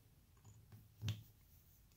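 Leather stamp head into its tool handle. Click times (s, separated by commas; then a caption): 1.1 s. A leather stamping tool head is pushed into its handle and seats with a sharp snap at 1.0 s. Faint, low handling rustles come before it, and the room is quiet afterward.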